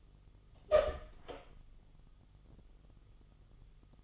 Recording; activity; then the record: daily activity, microphone in the room; open door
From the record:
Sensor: 4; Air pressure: 1005.8 hPa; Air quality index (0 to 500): 81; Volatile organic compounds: 2 ppm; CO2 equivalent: 994 ppm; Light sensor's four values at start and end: 13/31/12/11 and 13/30/12/11